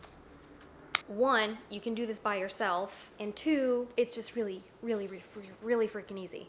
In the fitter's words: this locks here this locks here one